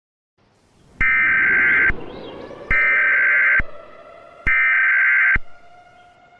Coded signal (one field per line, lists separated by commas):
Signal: Emergency Alert System (SAME) tones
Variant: header bursts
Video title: EAS Scenario - ??? (REMASTERED) (v2)